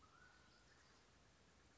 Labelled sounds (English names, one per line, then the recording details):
Mountain Quail
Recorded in Sonoma County, California